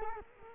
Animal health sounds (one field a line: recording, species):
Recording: mosquito wingbeat signal from an infrared sensor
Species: Culex quinquefasciatus